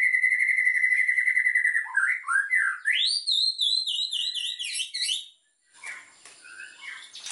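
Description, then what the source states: White-rumped shama song: a long steady whistle, then rising wavering warbled phrases, followed by quieter scratchy chatter. Lure call used for trapping.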